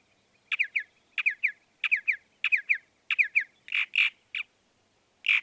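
Northern mockingbird repeating a three-note chirping phrase about every two-thirds of a second, then switching to rougher squawk-like notes.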